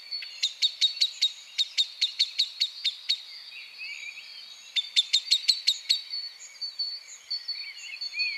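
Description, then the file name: Common blackbird calls: a long series of sharp chinking notes, a pause, then another rapid run, followed by soft high twittering. "Turdus merula"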